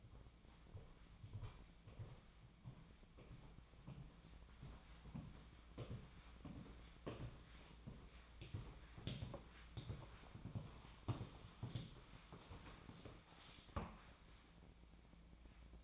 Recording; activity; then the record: daily activity, microphone in the room; walk to room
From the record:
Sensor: 1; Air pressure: 1010.1 hPa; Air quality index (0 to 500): 183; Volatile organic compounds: 15 ppm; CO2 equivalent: 2516 ppm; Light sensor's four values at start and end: 39/100/42/52 and 38/99/41/50